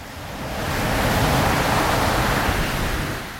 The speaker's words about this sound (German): Ich wollte über alles noch einmal nachdenken und ging zum Strand runter. Das Rauschen und der Geruch des Meeres zogen mich magisch an. Die heranrollenden Wellen wirkten als beruhigender Klangteppich.